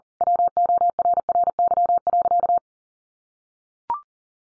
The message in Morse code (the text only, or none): WORRY.